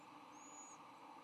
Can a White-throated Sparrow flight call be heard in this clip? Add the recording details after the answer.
no. No flight call is heard. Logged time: 11:36 on 9 November 2014